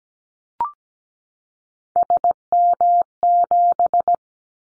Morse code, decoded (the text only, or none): SM7